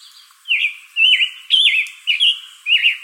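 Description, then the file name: Scarlet tanager singing a run of five rough, burry warbled phrases, closely spaced, with a light hiss beneath. Recorded in Arizona on 22 June 2012. "SCTA stejskal"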